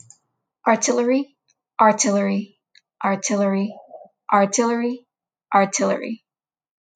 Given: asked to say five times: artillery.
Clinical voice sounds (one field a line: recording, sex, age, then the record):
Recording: repeated word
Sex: female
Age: 20 to 29 years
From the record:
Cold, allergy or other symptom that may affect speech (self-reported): no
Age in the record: 28 years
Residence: California, United States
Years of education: 16